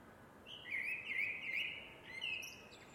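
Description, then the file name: Eurasian blackbird song: a wavering fluty warble of linked notes, then a lower whistle and faint high twitters, with soft hiss behind. "MERLES"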